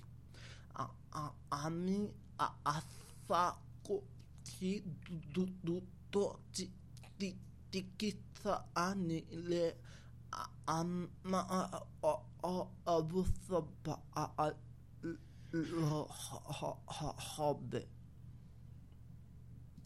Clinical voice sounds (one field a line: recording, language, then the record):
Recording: elicited speech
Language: Bengali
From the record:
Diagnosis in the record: Broca's or global aphasia after a stroke